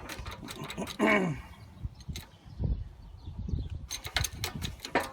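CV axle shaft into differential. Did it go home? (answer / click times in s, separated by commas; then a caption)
yes / 4.2 s. A steel CV axle shaft is pressed into the differential of a 2006 Toyota Sequoia until its clip engages. Someone talks while a series of sharp metallic knocks sounds, and the axle pops into place at 4.2 s. It is then confirmed seated and turning freely.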